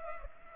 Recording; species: mosquito wingbeat signal from an infrared sensor; Culex pipiens